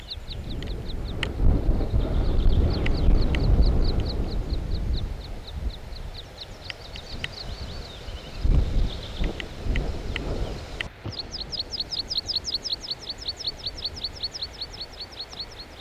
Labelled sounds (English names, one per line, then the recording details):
Meadow Pipit
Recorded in the wild
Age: diverse
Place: Solling, Niedersachsen, DE
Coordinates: 51.78, 9.57
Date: 1986-06-14
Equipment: Sony WM-D6C, Parabolscheibe
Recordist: Skiba, Reinald